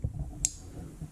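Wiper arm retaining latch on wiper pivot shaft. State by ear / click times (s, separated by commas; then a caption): released / 0.5 s. On a 2016 Ford F-150 with a stripped wiper arm, the small retaining latch at the base of the lifted wiper arm is pulled open on the wiper pivot shaft so the arm comes off its spline shaft. A faint low knock at the start is followed by a single sharp, bright click at 0.5 s. The latch releases and the wiper arm comes free.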